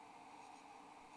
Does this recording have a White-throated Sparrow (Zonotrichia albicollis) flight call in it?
no